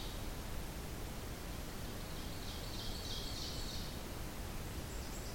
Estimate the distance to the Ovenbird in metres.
about 50 m